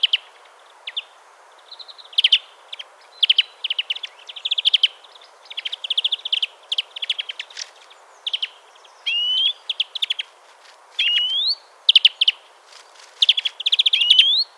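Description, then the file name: European greenfinch giving scattered chirps and quick trilled twitters, with several drawn-out rising wheezy notes toward the end; no other sounds stand out. "Chloris chloris"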